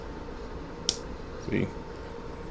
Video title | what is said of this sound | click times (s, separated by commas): CiiC ConstructBots DinoFire Gimlock | they'll snap into place so much of the guys see it first be | 0.9 s